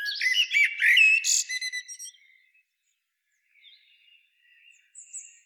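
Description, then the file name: Common blackbird song: one loud phrase of warbled notes and a high squeaky twitter, fading into faint quiet notes and near silence. "Turdus merula"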